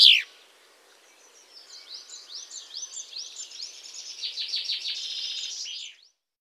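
Common chaffinch song: after a sharp click, a long run of soft arched notes rises in volume into a faster chattering trill that stops abruptly.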